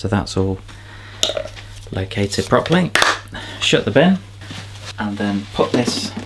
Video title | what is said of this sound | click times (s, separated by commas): Hosome Cordless Vacuum Cleaner Review and Demonstration | pop the filter in there rotate it until it locks in to place there | 1.2 s